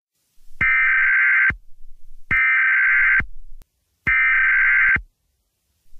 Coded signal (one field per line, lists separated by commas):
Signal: Emergency Alert System (SAME) tones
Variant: header bursts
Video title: EAS Scenario: Tornado Warning (Fake/Valid Tones)